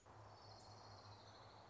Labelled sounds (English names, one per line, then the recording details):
Orange-crowned Warbler
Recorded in Sonoma County, California